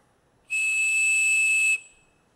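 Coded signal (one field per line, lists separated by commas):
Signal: whistle signal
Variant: Captain Crunch whistle, 2600 Hz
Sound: one steady high-pitched whistle tone lasting over a second, with airy hiss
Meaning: A 2600 Hz tone signals an idle trunk, letting a caller seize the line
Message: 1 long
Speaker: the whistle of course can make hertz much louder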